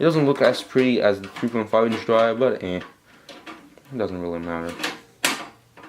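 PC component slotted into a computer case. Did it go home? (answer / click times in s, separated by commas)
yes / 5.2 s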